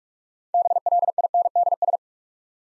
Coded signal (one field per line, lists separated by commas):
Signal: Morse code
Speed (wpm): 46 wpm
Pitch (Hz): 700 Hz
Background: none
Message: BLINDS